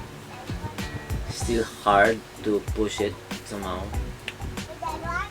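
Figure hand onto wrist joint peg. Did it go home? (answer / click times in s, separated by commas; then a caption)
yes / 4.3 s. A swappable hand is pushed onto the wrist joint peg of a sixth-scale collectible action figure while someone talks over music. The hand is hard to push at first, then a sharp click at 4.3 seconds shows it has seated on the peg.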